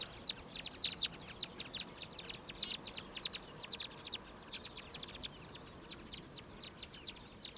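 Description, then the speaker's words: Crossbill flight calls: many short, hard, clipped notes from a flock, given in quick irregular bursts throughout. "And just this second, lifting off from the tops of a clump of pine trees, we've had a flock of crossbills, which are a first for the podcast."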